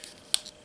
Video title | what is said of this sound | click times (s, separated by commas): Transformers Velocitron Speedia 500 Road Rocket | there we go should snap into place and | 0.3 s